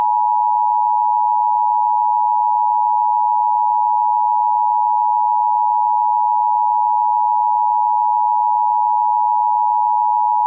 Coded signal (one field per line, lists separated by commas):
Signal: Emergency Alert System (SAME) tones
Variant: 853 and 960 Hz attention tone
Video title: EAS Classic: The EAS Interrupts Microsoft Sam Reads Computer Errors - Part 3